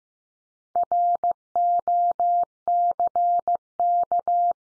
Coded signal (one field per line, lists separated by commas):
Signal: Morse code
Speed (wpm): 15 wpm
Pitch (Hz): 700 Hz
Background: none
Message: ROCK